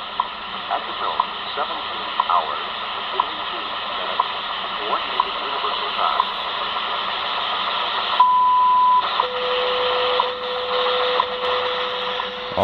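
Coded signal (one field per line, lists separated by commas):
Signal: radio time signal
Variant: WWV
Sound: short ticks each second through hiss, a brief 1 kHz tone, then a steady low tone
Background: radio static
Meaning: The 0.8 second 1000 Hz tone marks the start of a minute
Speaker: if we do the same here on the CountyComm GP-7 SSB. Also using only the telescopic antenna. So this is pretty cool. Hearing WWV on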